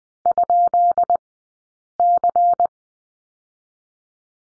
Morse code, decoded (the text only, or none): ?C